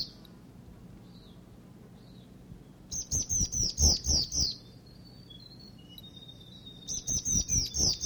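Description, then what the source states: Whitehead territorial call: a rapid series of sharp, buzzy high notes repeating in two bursts, separated by thin sustained whistles, with faint quiet chirps at the start. Male whitehead giving a territorial call.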